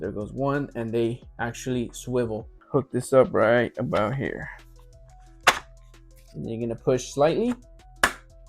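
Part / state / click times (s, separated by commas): rear wing into toy helicopter body / seated / 8.0 s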